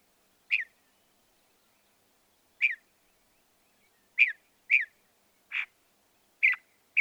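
Northern mockingbird song made of short harsh chipping notes given singly and in pairs at irregular intervals, with quiet gaps between.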